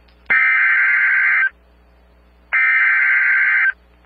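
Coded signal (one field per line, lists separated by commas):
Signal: Emergency Alert System (SAME) tones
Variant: header bursts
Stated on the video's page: Emulated EAS alert based on a real EAS machine's design, not a real broadcast.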